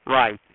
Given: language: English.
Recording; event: throat vibration sensor signal played as sound; speech